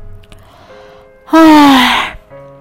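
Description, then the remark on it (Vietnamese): A woman sitting cross-legged on a chair lets out a single loud, drawn-out yawn, breathy and voiced, its pitch sliding steadily downward before it fades, with only a faint hum around it. “Nhi ngồi khoanh chân trên ghế vừa ngáp vừa hỏi Trần Minh”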